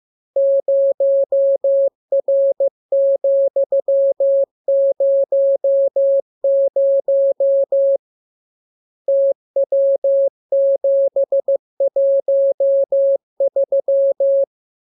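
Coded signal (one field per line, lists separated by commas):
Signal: Morse code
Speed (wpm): 15 wpm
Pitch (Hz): 550 Hz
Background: none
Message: 0R,00 TW713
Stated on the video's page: Morse lesson 39 for receiving letters, numbers, punctuation and amateur radio Q-code; each radiogram begins with VVV and a section sign and ends with AR.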